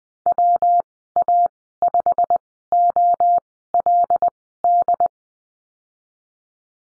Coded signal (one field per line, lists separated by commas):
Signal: Morse code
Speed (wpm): 20 wpm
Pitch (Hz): 700 Hz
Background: none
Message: WA5OLD